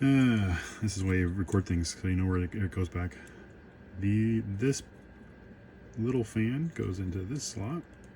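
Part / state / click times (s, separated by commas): small fan wire connector into the 3D printer hotend board socket / not seated / none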